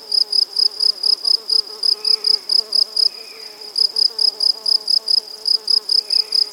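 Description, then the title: Crickets chirp rapidly at a high pitch over a wavering, buzzy insect hum lower down, with faint brief calls now and then. Crickets with various other insects at Buoux, Vaucluse, France, in May 2007. "Animus. Grillons, Divers Insectes Et Oiseaux - Buoux, Vaucluse - mai 2007"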